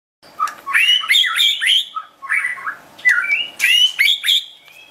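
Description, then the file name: White-rumped shama song: lively whistled phrases of bright, warbled notes in quick bursts separated by short pauses. Wild bird from the Medan forest, singing actively (gacor). "suara burung murai batu hutan medan gacor"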